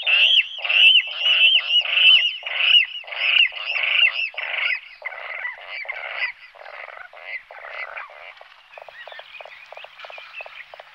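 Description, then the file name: Water rail series of pig-like squealing notes, loud at first then weakening and fading into softer pulses. "porciglione"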